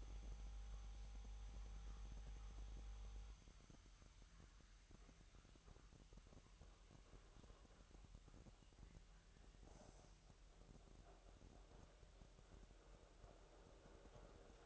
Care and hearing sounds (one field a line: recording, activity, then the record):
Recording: daily activity, microphone in the room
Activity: make coffee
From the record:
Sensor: 3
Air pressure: 1002.0 hPa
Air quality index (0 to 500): 248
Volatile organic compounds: 52 ppm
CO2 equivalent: 3317 ppm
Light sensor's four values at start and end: 12/37/16/13 and 12/37/16/13